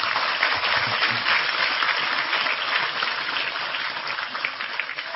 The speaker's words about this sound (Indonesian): Sekali lagi tepuk tangan lebih keras